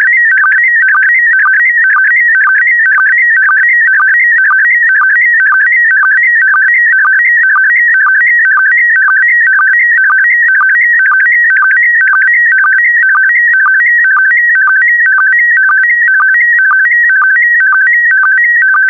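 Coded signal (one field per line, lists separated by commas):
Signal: SSTV (slow-scan television)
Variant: PD120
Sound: warbling, stepping tone with a short low blip about twice a second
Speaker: 5, 4, 3, 2, 1. Transmission complete. You can now check your decoded image against the picture that is shown on the video.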